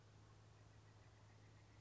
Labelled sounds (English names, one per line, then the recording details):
Pileated Woodpecker
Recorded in Sonoma County, California